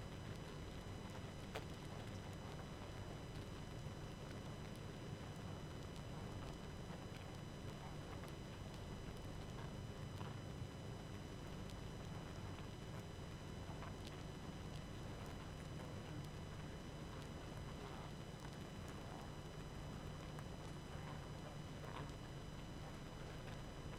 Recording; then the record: honeybee colony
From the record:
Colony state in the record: active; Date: 12 June 2018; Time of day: 20:17